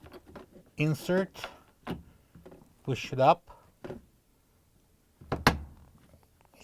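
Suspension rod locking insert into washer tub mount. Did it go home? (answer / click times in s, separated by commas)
yes / 5.5 s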